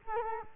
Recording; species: mosquito wingbeat signal from an infrared sensor; Culex quinquefasciatus